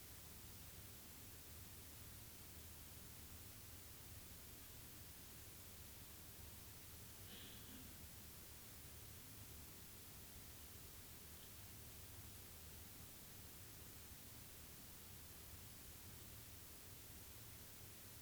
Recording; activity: daily activity, guitar pickup as the sensor; sit